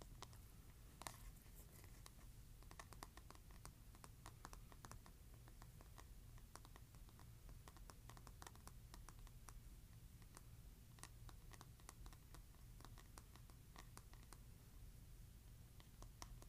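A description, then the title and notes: A hairbrush is scratched in quick, irregular strokes, each leaving a short crisp tick. The ticks come in dense clusters throughout, with a brief louder scrape near the one-second mark. A steady low hum runs underneath the whole time. ASMR Scratching Hairbrush.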